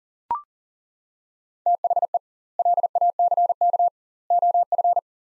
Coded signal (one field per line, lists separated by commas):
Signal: Morse code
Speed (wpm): 40 wpm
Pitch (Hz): 700 Hz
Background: none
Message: THE LACK OF